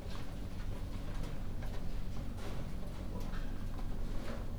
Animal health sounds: poultry house recording; no chicken sound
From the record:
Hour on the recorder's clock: 2

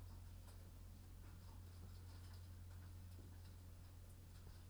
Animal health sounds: poultry house recording; sick chickens (respiratory disease)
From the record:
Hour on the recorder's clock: 22

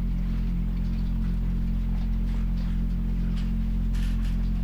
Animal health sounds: poultry house recording; sick chickens (respiratory disease)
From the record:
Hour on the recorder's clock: 4

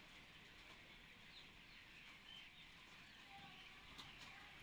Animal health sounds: poultry house recording; healthy chickens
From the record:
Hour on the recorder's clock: 10

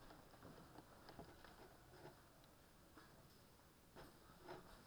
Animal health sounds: poultry house recording; no chicken sound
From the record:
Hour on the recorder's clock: 19

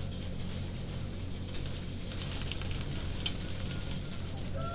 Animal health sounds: poultry house recording; healthy chickens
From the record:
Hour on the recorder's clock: 23

